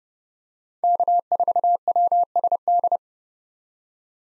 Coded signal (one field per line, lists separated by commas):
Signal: Morse code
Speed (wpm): 30 wpm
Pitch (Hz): 700 Hz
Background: none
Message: K4WSD